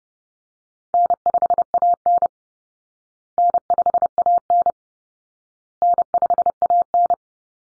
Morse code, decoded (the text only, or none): N5AN N5AN N5AN